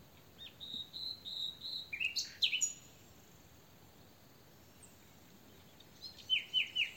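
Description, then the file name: Common nightingale song: a soft whistled run of repeated notes, a sharp burst in the middle, a quiet pause, then loud repeated notes starting again. "Luscinia megarhynchos"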